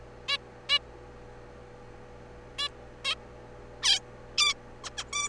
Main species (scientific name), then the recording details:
Taeniopygia guttata. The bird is a juvenile. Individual R3428